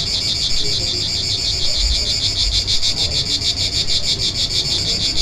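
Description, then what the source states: Cicada song: a high, sustained buzzing drone that throbs in quick regular pulses, with low-pitched background noise beneath. Recorded 3 September 2009.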